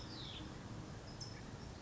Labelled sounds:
California Towhee (Melozone crissalis)
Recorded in Sonoma County, California

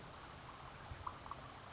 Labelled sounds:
California Towhee (Melozone crissalis)
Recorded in Sonoma County, California

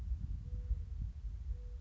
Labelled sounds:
Mourning Dove (Zenaida macroura)
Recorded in Sonoma County, California

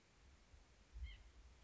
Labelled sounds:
White-breasted Nuthatch (Sitta carolinensis)
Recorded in Sonoma County, California

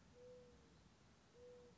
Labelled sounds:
Mourning Dove (Zenaida macroura)
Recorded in Sonoma County, California

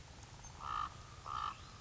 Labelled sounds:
Common Raven (Corvus corax)
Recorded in Sonoma County, California

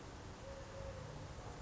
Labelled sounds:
Eurasian Collared Dove (Streptopelia decaocto)
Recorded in Sonoma County, California

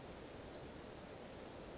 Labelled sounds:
Western Flycatcher (Empidonax difficilis)
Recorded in Sonoma County, California

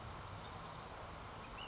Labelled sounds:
Ash-throated Flycatcher (Myiarchus cinerascens)
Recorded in Sonoma County, California

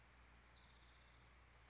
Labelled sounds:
Spotted Towhee (Pipilo maculatus)
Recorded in Sonoma County, California

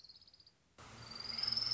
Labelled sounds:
Orange-crowned Warbler (Leiothlypis celata)
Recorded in Sonoma County, California

